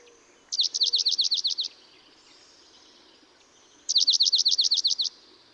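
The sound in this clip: Dark-eyed junco song: two rapid trills of about ten sharp slurred notes, each lasting just over a second, separated by a pause of about two seconds.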